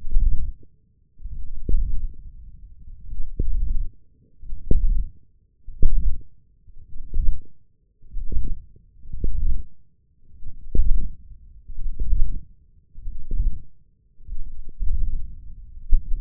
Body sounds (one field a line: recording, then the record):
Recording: forearm muscle sounds (acoustic myography)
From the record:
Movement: hand closing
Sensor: system 1, eight BSWA MPA416 microphones around the upper forearm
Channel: 8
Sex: male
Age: 20 years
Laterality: left